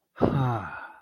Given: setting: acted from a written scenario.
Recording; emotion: vocal sound without words; pride